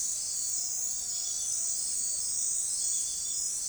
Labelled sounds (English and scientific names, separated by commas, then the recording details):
none
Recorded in forest near Pivijay, Magdalena, Colombia, on 4 June 2023 at 04:00
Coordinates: 10.467, -74.380
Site Z5-G034